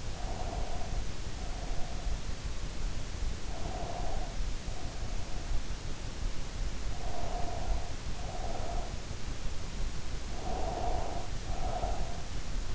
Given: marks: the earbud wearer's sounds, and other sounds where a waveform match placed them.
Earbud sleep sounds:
sounds in sleep by an in-ear microphone; breath
0.08-2.36 s: breath
3.46-5.84 s: breath
6.77-9.04 s: breath
10.25-12.33 s: breath

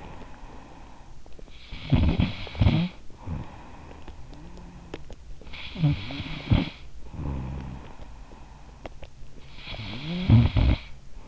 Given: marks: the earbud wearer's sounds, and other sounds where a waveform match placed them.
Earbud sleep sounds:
sounds in sleep by an in-ear microphone; snoring breath
0.00-11.28 s: snoring breath

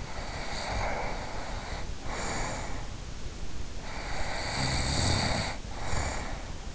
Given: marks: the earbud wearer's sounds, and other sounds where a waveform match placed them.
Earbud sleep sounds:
sounds in sleep by an in-ear microphone; breath, snoring breath
0.00-2.95 s: breath
3.77-6.63 s: snoring breath

